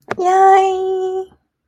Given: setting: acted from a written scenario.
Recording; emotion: vocal sound without words; triumph